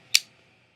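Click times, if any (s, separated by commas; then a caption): 0.1 s. A heavy folding knife with a serrated metal blade is flicked open with a wrist motion, and the blade locks into its open position. A single sharp, bright click sounds at 0.2 seconds, then fades quickly into near silence. The blade seats firmly in its open lock.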